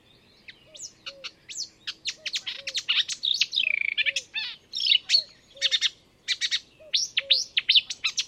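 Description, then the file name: Marsh warbler song of varied whistles, trills and harsh chattering notes in quick succession, over faint repeated low chirps. "enekes nadiposzata hangja"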